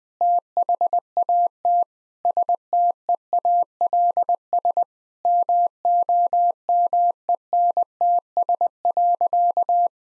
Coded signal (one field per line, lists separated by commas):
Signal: Morse code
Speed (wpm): 20 wpm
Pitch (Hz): 700 Hz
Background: none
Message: THAT STEALS MOMENTS.